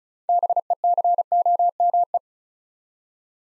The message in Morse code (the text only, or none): BECOME